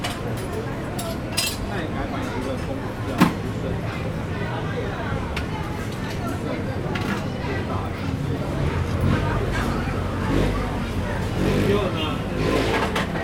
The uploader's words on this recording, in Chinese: 基隆廟口夜市沈記泡泡冰。